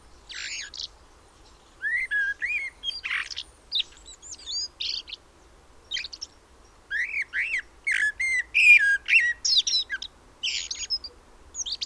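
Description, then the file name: Common blackbird giving rapid, varied chirps and whistled notes, some rising and some dropping, in quick uneven runs with short gaps throughout. "Turdus merula"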